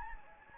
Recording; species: mosquito wingbeat signal from an infrared sensor; Anopheles gambiae